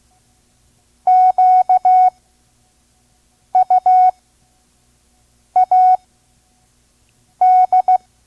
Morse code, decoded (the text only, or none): QUAD